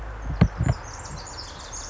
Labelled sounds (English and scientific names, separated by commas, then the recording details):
Pacific Wren (Troglodytes pacificus)
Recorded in Sonoma County, California